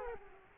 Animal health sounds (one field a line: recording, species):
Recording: mosquito wingbeat signal from an infrared sensor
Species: Culex quinquefasciatus